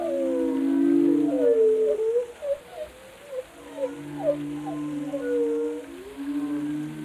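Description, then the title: Whale moans at first, then a run of short quick chirping upsweeps, followed by longer tonal moans and low hums. "Whale Tales: Discovering the Stories Behind the Sounds"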